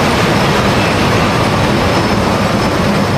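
A big hop picking machine roars with a steady, dense mechanical rumble and clatter, loud and unbroken, filling the whole range from low drone to bright hiss with no voices, as it separates hop cones from the cut hop vines during the hop harvest.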